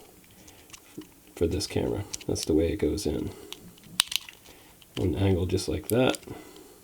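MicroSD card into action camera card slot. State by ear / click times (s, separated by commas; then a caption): not seated / none. A microSD card is pushed at an angle toward the card slot of a Foxeer Box 4K action camera while someone talks. Short handling taps and a few sharp ticks come through between the speech, but the card has not seated or clicked into place yet.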